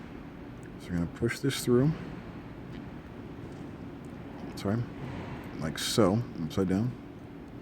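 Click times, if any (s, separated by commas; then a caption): none. A retaining clip is slid down and pushed into the top of a lens barrel during a lens repair while a man talks over a low steady background hum. Nothing has seated or clicked yet.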